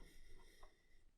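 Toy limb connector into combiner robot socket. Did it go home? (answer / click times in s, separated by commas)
no / none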